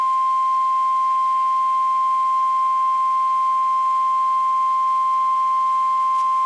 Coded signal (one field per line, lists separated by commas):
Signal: Emergency Alert System (SAME) tones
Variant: 1050 Hz attention tone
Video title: EAS 2409-2416 (10/4 & 10/5/23)